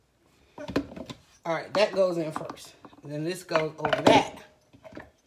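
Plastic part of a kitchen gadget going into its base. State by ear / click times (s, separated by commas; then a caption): seated / 5.0 s. A plastic piece of a new kitchen chopping gadget is fitted into its base, with one piece going in first and the next pushed in after it. Someone talks over light clattering and tapping of the parts. A short sharp click at 5.0 s marks the piece locking in place.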